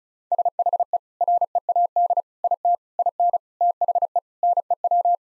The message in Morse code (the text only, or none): SHE READ IT IN THE NEW